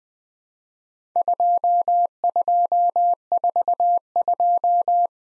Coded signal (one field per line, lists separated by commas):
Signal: Morse code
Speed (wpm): 20 wpm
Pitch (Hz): 700 Hz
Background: none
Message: 2242